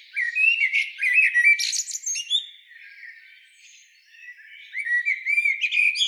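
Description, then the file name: Common blackbird singing: a burst of warbled phrases with a harsh high flourish, then a soft, low-level twittering pause before loud whistled warbles return. "Turdus merula"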